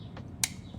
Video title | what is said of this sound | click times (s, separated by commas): 🚀 Tesstudio Tesla Model 3/Y Center Control Screen CarPlay Decode Module Installation Complete! | And you'll hear a little click. | 0.4 s